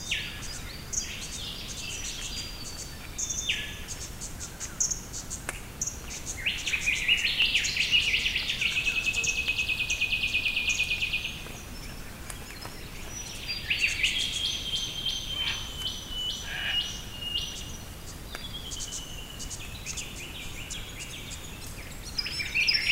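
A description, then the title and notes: Early morning bird song on the Isabella River, with several birds calling and overlapping throughout. Bright chirps and trills come in bursts, including a sustained high warbling run around seven to eleven seconds and another near fourteen to sixteen, over a steady low rumble. This is an early morning recording of the bird song on the Isabella River. I think made mid 1990s.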